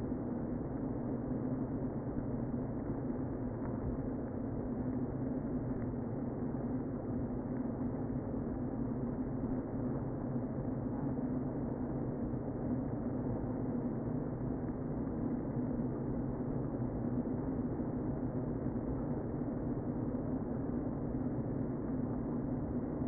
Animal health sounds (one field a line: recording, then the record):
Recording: honeybee colony, microphone inside the hive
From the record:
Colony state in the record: queen present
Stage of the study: before two queens were removed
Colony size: about 60,000 bees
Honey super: yes